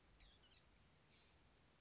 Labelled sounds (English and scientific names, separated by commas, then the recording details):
Blue-gray Gnatcatcher (Polioptila caerulea)
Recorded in Sonoma County, California